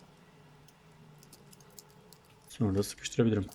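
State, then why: Not seated. A mouse's plastic upper shell, during a Logitech MX and Everest gaming mouse repair, is set down on the mouse body and lined up before being pressed closed. Faint light ticks and taps sound from about 1.2 to 2.1 seconds, then someone talks near the end. Nothing has seated or clicked yet.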